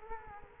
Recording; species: mosquito wingbeat signal from an infrared sensor; Culex quinquefasciatus